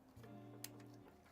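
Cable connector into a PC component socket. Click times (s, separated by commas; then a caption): 0.7 s. During a PC build, a cable connector is pushed home into a PC component socket against a steady low tonal hum. A single sharp click sounds at 0.7 s, and the connector is fully seated.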